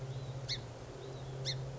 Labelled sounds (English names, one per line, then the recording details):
Song Sparrow
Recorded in Sonoma County, California